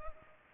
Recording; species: mosquito wingbeat signal from an infrared sensor; Culex pipiens